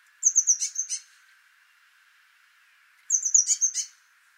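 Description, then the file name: Eurasian blue tit giving two brief phrases of high thin notes ending in scratchy churrs, a few seconds apart, over a steady background hum. "Cyanistes caeruleus"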